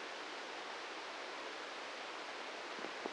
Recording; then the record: brain microelectrode recording played as sound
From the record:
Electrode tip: inside the subthalamic nucleus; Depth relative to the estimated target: -1 mm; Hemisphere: right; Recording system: NeuroSet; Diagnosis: Parkinson's disease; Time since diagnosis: 13 years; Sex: male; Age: 63 years